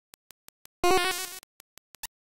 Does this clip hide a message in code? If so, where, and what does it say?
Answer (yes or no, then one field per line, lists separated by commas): no